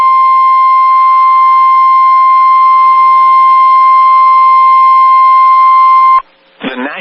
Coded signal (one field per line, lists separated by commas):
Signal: Emergency Alert System (SAME) tones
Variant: 1050 Hz attention tone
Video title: Special Marine Warning #6 - 08/06/21 (EAS #2,348)